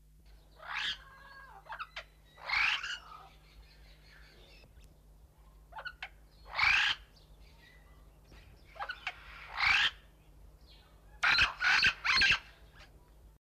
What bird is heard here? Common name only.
Yellow-shouldered Amazon